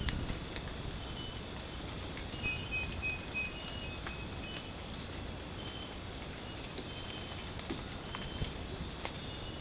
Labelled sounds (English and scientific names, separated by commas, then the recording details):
none
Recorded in secondary vegetation near Puerto Asís, Putumayo, Colombia, on 22 December 2024 at 20:30
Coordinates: 0.481, -76.318
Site G042